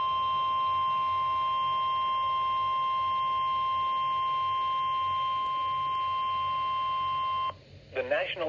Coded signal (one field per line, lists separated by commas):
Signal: Emergency Alert System (SAME) tones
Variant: 1050 Hz attention tone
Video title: NOAA Weather Radio - Special Marine Warning [EAS #150] (5/22/22)